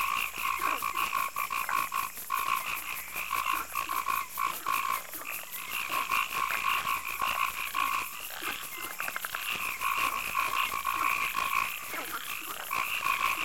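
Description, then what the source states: Frogs croaking in a dense, steady chorus of pulsed notes throughout. Night marsh and swamp ambience.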